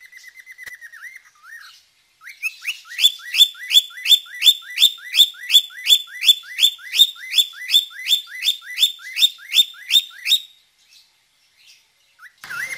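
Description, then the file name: Budgerigar opens with soft wavering whistles, then launches a long even run of rising chirps about three per second before falling quiet, with one last whistle. "suara burung parkit australia"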